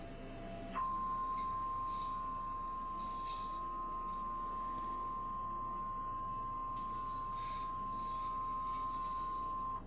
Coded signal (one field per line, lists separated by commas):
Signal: Emergency Alert System (SAME) tones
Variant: 1050 Hz attention tone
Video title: Eas Maryland's tornado drill on mpt tv live stream Eas#796